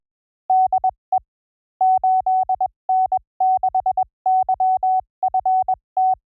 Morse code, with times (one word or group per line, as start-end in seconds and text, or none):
0.5-1.2 DE
1.8-6.1 8N6YFT